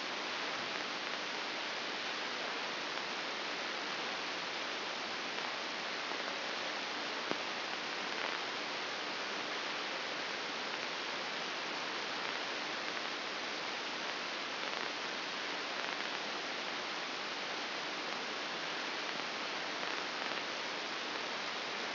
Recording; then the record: brain microelectrode recording played as sound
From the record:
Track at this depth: outside the subthalamic nucleus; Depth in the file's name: 8.304 mm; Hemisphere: left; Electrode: 2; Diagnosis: Parkinson's disease